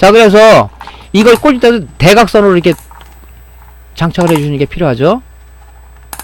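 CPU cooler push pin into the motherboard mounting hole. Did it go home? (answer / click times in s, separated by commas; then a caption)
yes / 6.1 s, 6.2 s. Someone talks while pressing the plastic push-pin fasteners of a CPU cooler into the motherboard mounting holes, working diagonally. Two sharp clicks are heard at 6.1 and 6.2 seconds as a push pin snaps into its hole and seats.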